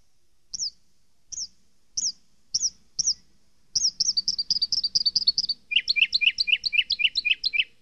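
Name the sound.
bird chirping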